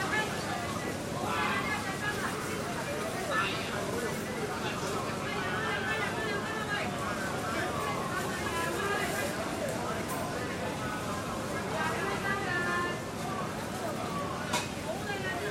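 Street hawkers call out busily beside a Hong Kong wet market, recorded from the middle of the road. Voices overlap in a dense, steady babble throughout, with louder shouts standing out now and then, over a constant low rumble of traffic.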